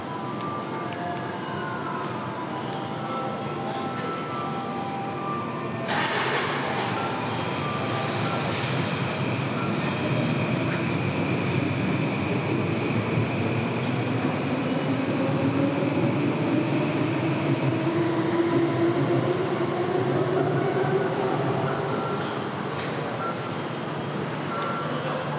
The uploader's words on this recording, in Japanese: 喧騒と静寂の街を歩く（Binaural）-Walk around the city。バイノーラルで街を歩いてみました。